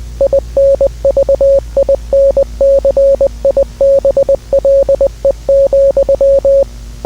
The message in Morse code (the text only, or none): INVINCIBLE,